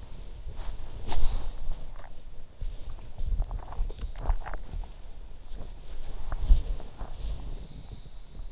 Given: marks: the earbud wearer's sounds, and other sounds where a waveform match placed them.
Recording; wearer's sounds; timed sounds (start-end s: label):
sounds in sleep by an in-ear microphone; body movement, swallowing
0.00-8.31 s: body movement
1.54-5.18 s: swallowing